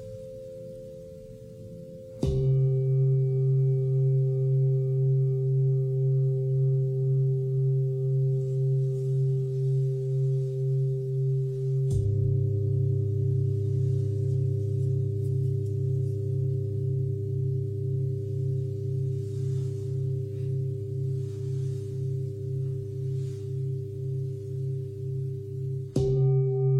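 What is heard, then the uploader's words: A singing bowl is struck and left to ring, giving a low, sustained tone with a gentle pulsing waver. Fresh strikes land at about 2, 12 and 26 seconds, each restarting the hum, with a few higher overtones shimmering above the steady low drone. Bowl sound healing, ethereal.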